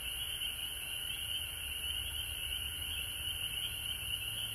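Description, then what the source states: Frog chorus of continuous high-pitched trilling, an unbroken drone with a fainter lower band beneath and steady background hiss. Recorded at home in Georgia on March 19, 2020.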